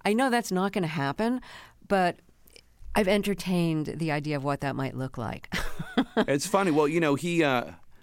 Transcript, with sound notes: I know that's not going to happen, but I've entertained the idea of what that might look like (laughter).
It's funny. Well, you know,